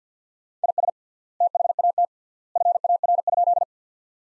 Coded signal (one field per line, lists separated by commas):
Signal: Morse code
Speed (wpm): 50 wpm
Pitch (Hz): 700 Hz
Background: none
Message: IS THAT FAR?